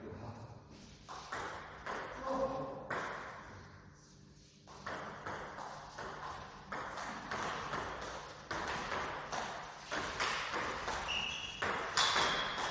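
A friendly table tennis match in a hall, the ball clicking off paddles and table in a quick, fairly regular rally, about two or three hits a second. A low hum runs underneath, with faint voices and a few brief bright tones near the end.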